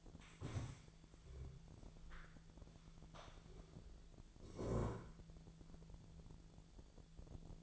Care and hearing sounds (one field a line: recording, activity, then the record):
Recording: daily activity, microphone in the room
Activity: stand up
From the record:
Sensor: 5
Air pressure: 1000.5 hPa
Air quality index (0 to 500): 146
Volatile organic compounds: 2 ppm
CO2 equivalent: 1136 ppm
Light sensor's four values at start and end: 49/114/48/51 and 49/114/48/51